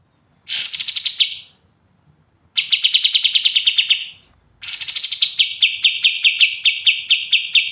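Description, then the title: Pied triller song: three bursts of dry rattling trill, the first and last starting high and settling lower, the last long and slowing toward the end. Training recording; singing energetically in the brenciu style. "KAPAS TEMBAK GACOR NGEGAS BRENCIU"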